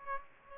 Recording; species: mosquito wingbeat signal from an infrared sensor; Aedes aegypti